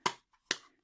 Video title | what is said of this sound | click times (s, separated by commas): Diamond painting Trays by Hatfield designs 3D on Etsy unboxing | they click into place and there's no problem with them so | 0.1 s, 0.5 s